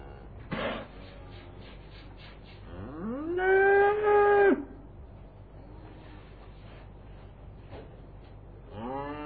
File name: Cows